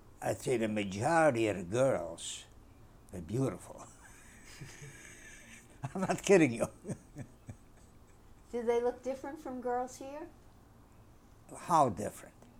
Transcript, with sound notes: I'd say the majority of the girls were beautiful. ( he laughs ) I'm not kidding you. ( he laughs )
Did they look different from girls here?
How different?